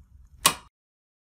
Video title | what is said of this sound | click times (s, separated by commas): CEREC Mill Calibration | black-handle driver you do have to tighten until you hear that click. | 0.5 s